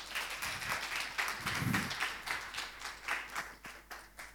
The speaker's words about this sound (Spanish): Y por mi papá, que está ahí, no, y por toda mi familia también. Aplauso.